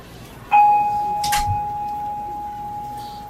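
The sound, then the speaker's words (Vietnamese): A Buddhist temple bell is struck once, giving a sudden clear, fairly high tone that rings on steadily and fades only slowly, with a brief rustling noise partway through. “Thí dụ chuông ngồi dạng Pháp Hòa với chuông tương đồng, cho nên cái tiếng chuông mình mới thỉnh.”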